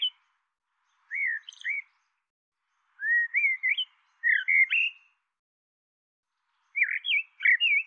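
Bird making short twisting whistles in several bursts, spaced by brief gaps; otherwise quiet.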